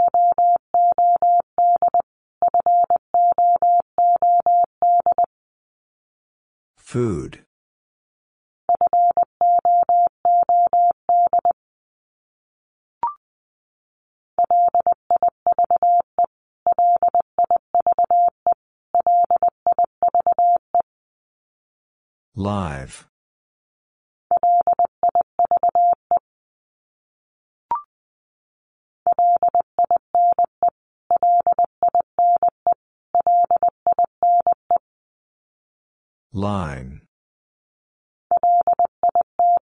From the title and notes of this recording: Top 300 Words Repeated 20wpm. First, the word is sent three times in Morse code. Then it is spoken. Finally, it is sent again in Morse code.